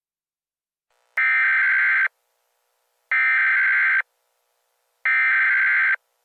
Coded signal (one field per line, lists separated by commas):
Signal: Emergency Alert System (SAME) tones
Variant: header bursts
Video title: EAS Scenario: The Sniper